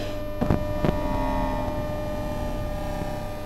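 The electromagnetic field of a Berlin S-Bahn train rendered as sound: a dense, steady electrical hum with layered tonal drones, interrupted early by two brief crackling bursts, then droning on evenly.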